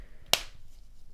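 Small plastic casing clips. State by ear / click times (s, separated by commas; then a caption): seated / 0.3 s. The plastic back half of a Mazda 3, 6, CX-5, CX-9 or CX-3 car key fob remote casing is pressed onto the front half after the coin battery is replaced. One sharp, loud snap is heard at 0.3 s as the clips engage, and the casing halves are seated together.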